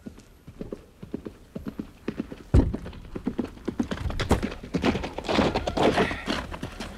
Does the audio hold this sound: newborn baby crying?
no